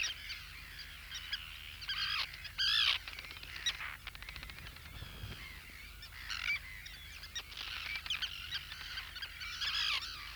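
Roseate tern calls: harsh, raspy cries and chattering from several birds at once, in bursts.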